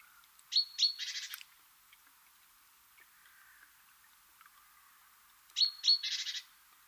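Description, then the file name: Great tit calling twice, five seconds apart: two high thin notes running into a harsh buzzing churr. "Parus major"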